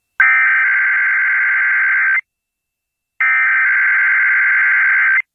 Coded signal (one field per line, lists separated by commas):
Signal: Emergency Alert System (SAME) tones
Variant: header bursts